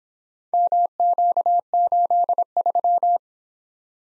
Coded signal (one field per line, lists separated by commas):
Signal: Morse code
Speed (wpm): 26 wpm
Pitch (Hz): 700 Hz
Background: none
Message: MQ83